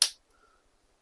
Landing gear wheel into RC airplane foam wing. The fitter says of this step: And it snaps right in like that.